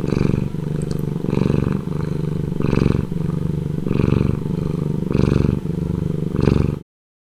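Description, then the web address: Cat purr, deep and continuous, with the rumble rising and falling in a regular breathing rhythm before stopping abruptly. "alex libnyquist. Kitty Purr"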